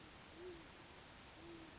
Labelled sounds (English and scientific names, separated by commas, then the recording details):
Great Horned Owl (Bubo virginianus)
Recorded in Sonoma County, California